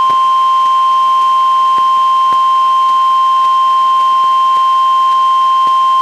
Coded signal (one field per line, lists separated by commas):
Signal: Emergency Alert System (SAME) tones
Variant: 1050 Hz attention tone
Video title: EAS #535: NWR Required Weekly Test- July 14, 2021- 11:38AM PDT